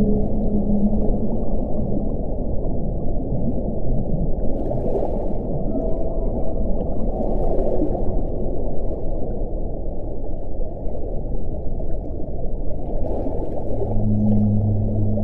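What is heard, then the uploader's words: Whale sounds from deep water: a dense, steady low rumble fills the whole stretch, with drawn-out tonal moans near the start and again toward the end. Faint brighter clicks flicker through around five, eight and thirteen seconds. Whale Sounds From Deep Sea.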